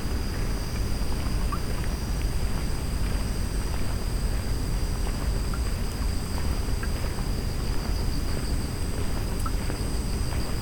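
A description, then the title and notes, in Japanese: Outdoors at night, a steady low rumble fills the air, dense and unchanging, like traffic or wind against the microphone. Thin, constant high tones hang above it, probably insects, with a few faint soft clicks scattered throughout. とある日のエナジードリンク回に行く夜道。収録の前に飲んでいるエナジードリンクを切らしてたので、買いに夜の散歩に出かけました。台風の前の日でしたが、なんとか大丈夫でした。Mic: Mu6 Lifelike2。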